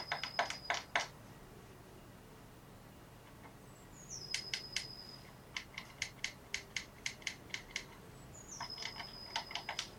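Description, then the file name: Eurasian blue tit calls: thin high whistled notes sliding down, then runs of sharp clicking notes, repeated a few times with quiet gaps. "Cyanistes caeruleus"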